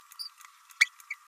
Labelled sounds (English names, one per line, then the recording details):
Green-rumped Parrotlet babbling
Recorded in a nest box in Venezuela
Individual 18B104A3